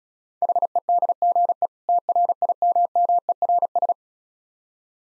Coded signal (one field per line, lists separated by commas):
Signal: Morse code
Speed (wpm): 36 wpm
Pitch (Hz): 700 Hz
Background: none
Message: HEDGE TRIMMERS